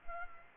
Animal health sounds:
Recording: mosquito wingbeat signal from an infrared sensor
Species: Culex pipiens

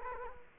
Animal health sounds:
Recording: mosquito wingbeat signal from an infrared sensor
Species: Culex quinquefasciatus

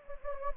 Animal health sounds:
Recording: mosquito wingbeat signal from an infrared sensor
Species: Anopheles gambiae

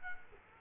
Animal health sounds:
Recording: mosquito wingbeat signal from an infrared sensor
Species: Culex quinquefasciatus

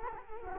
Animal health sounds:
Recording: mosquito wingbeat signal from an infrared sensor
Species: Culex quinquefasciatus

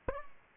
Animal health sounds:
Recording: mosquito wingbeat signal from an infrared sensor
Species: Aedes aegypti

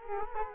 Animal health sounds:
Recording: mosquito wingbeat signal from an infrared sensor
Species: Culex quinquefasciatus

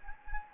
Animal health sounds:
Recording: mosquito wingbeat signal from an infrared sensor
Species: Anopheles gambiae

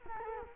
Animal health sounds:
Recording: mosquito wingbeat signal from an infrared sensor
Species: Culex quinquefasciatus

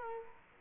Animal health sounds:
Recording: mosquito wingbeat signal from an infrared sensor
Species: Culex quinquefasciatus

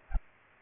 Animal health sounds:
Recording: mosquito wingbeat signal from an infrared sensor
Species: Aedes aegypti

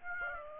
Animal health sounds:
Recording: mosquito wingbeat signal from an infrared sensor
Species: Aedes aegypti

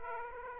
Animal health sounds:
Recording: mosquito wingbeat signal from an infrared sensor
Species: Aedes aegypti

